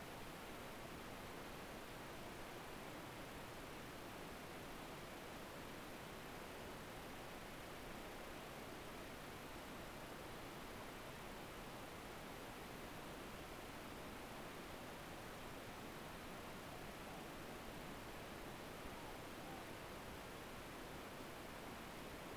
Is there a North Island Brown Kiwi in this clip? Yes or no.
no